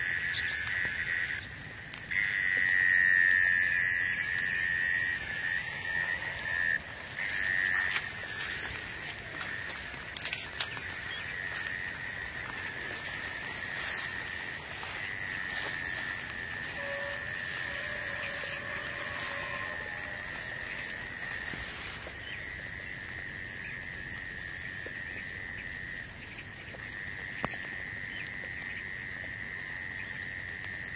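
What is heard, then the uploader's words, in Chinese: Insects drone in one steady, high-pitched whine throughout, with a few faint clicks and soft knocks scattered around the middle and near the end. 虫虫奏鸣曲。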